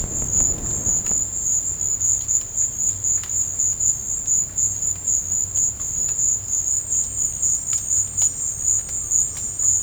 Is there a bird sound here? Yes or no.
no